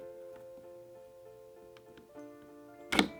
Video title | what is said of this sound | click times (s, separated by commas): GoPro Hero 6 Black - Complete Setup, Connect to GoPro App, Features and More | and then you're going to just slide this into this groove until you hear it click. | 2.9 s, 3.0 s